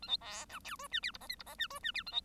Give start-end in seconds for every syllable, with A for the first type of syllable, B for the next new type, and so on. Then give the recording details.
0.02-0.07 A, 0.07-0.17 B, 0.20-0.45 C, 0.49-0.59 D, 0.64-0.76 E, 0.79-0.87 F, 0.91-1.00 G, 1.02-1.11 H, 1.13-1.18 I, 1.21-1.27 J, 1.29-1.35 K, 1.39-1.43 I, 1.46-1.55 J, 1.58-1.67 G, 1.70-1.79 F, 1.83-1.92 G, 1.94-2.03 H, 2.06-2.11 A, 2.11-2.21 B. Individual Bird1